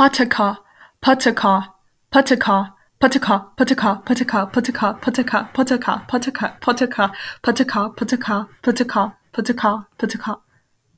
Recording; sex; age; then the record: repeated syllables /pa ta ka/; female; 20 to 29 years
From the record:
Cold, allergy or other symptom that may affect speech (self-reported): no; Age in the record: 21 years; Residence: Texas, United States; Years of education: 15